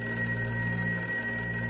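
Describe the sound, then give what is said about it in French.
A telephone bell rings at the Ministry of the Armed Forces in Paris at 3 a.m., in one steady, unbroken burst, a bright metallic tone with a low hum beneath it that holds at an even level for about two seconds, with no voices. “À 3h du matin, à Paris, le téléphone sonne au ministère des Armées.”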